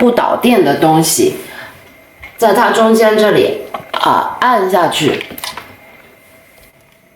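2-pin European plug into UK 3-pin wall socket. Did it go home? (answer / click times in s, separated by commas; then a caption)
no / none. A non-conductive object is pressed into the centre (earth) shutter of a UK 3-pin wall socket so that a 2-pin European plug can be pushed in. Someone talks over most of the clip, with brief sharp sounds at about 2.2 s and 5.6 s. The plug has not seated or clicked yet.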